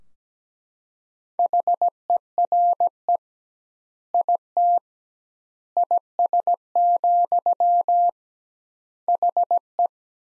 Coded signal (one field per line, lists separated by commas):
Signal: Morse code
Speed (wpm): 17 wpm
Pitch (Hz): 700 Hz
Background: none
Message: HERE IT IS, HE